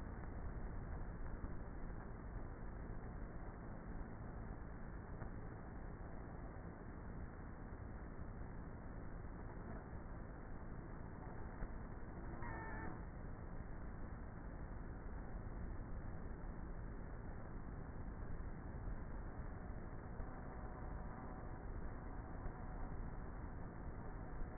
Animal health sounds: honeybee colony, microphone inside the hive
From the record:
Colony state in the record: queenless with a low population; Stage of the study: before two queens were removed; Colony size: about 30,000 bees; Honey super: no

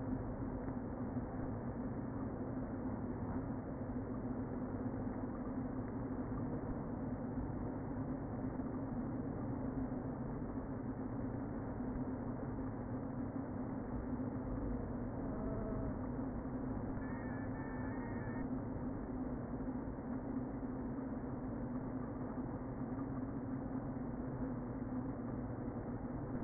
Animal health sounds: honeybee colony, microphone inside the hive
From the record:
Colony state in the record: queen present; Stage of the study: before two queens were removed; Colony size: about 60,000 bees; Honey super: yes

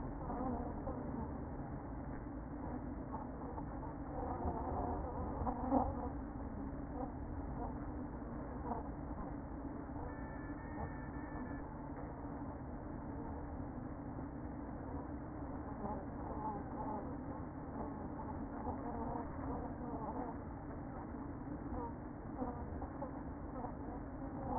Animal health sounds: honeybee colony, microphone inside the hive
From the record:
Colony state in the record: queen present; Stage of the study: after two queens were removed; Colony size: about 60,000 bees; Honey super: yes

